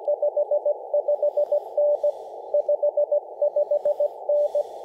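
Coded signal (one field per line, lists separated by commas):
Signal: Morse code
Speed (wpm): 24 wpm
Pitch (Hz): 590 Hz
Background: radio noise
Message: 55N 55N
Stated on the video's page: Summits On The Air activation on a mountain.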